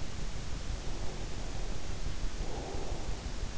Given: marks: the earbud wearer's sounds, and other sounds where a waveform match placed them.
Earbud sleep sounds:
sounds in sleep by an in-ear microphone; breath
0.64-3.32 s: breath

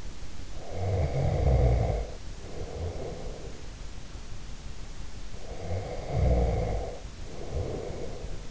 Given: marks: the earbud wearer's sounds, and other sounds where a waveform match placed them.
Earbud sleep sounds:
sounds in sleep by an in-ear microphone; snoring breath
0.46-3.72 s: snoring breath
5.34-8.51 s: snoring breath

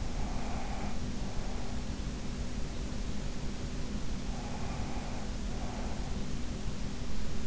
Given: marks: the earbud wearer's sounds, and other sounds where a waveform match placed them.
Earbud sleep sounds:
sounds in sleep by an in-ear microphone; breath
0.00-1.81 s: breath
4.20-6.38 s: breath

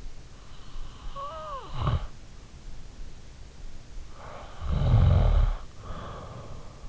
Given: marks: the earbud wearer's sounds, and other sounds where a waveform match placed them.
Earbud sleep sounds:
sounds in sleep by an in-ear microphone; snoring breath
0.43-2.95 s: snoring breath
3.98-6.89 s: snoring breath

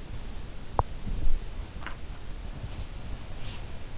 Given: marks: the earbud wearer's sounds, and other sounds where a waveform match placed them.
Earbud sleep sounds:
sounds in sleep by an in-ear microphone; teeth grinding
0.63-1.03 s: teeth grinding
1.70-2.06 s: teeth grinding

